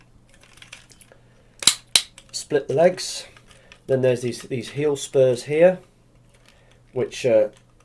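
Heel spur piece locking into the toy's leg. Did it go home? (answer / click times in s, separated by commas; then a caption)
no / none. Someone talks while handling the legs of a Tobot V3 07 Power Loader transforming robot toy, splitting the legs and getting ready to fold the plastic heel spurs round into their locked position on the leg. There are a few light plastic taps and two sharp clicks near 1.7 and 2.0 s from the handling. The heel spur has not clicked into place yet.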